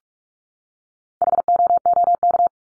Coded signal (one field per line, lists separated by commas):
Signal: Morse code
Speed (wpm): 44 wpm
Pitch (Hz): 700 Hz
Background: none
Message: HOOK